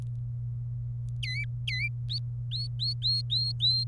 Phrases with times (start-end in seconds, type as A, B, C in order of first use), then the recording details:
1.23-1.88 A, 2.10-2.18 B, 2.51-3.84 B. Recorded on 27 April 2018 at 13:05. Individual llb3